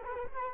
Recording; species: mosquito wingbeat signal from an infrared sensor; Culex quinquefasciatus